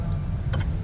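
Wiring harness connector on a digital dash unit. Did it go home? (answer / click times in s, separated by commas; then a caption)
released / 0.5 s. The small blue release tab on the plastic wiring harness connector of an Autometer Invision digital dash unit is pressed and the lever is pulled out so the connector can be removed. Over a steady low hum, a short sharp snap is heard at 0.5 s as the connector lever unlatches and releases.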